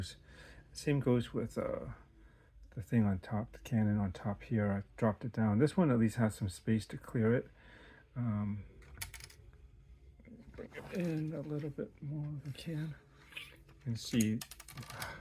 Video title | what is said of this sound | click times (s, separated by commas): Star Wars Hammerhead Corvette mod project continues - 3/13/2026 | It's easy to pop off because it's not fully seated. | 9.0 s